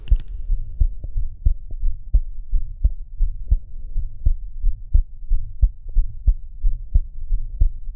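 Steady heartbeat at about 88 beats a minute with a soft, low humming murmur between beats in a 19-year-old young woman. This is a Still's murmur, an innocent murmur common in healthy people that does not mean heart disease.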